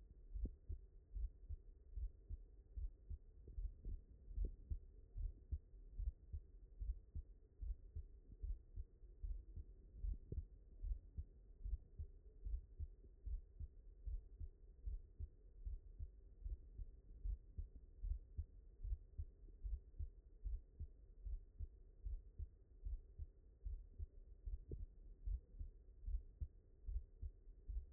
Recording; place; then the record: heart sounds by stethoscope; mitral valve (MV)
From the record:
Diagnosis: non-HFrEF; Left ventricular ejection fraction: 58%